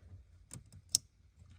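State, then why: Seated. A new yellow wire's crimped metal terminal, oriented the same way as the other pins, is fed into its slot in a plastic harness connector housing on a 2013-2018 6.7 Cummins. Faint scraping ticks at about 0.5 and 0.7 s are followed by a sharp, bright click at 1.0 s as the terminal locks into the housing, confirming it is seated.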